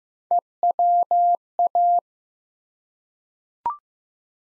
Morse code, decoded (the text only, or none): EWA